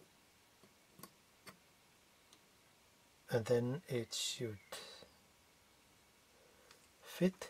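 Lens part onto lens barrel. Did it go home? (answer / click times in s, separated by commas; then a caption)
no / none. A lens part is placed over the barrel of an APO-Macro-Elmarit-R 1:2.8 / 100 lens being cleaned with hydrogen peroxide, and it is lined up with faint ticking handling sounds near 1.0, 1.5, 2.3 and 6.7 seconds. Someone talks from about 3.3 seconds, and nothing has seated or clicked yet.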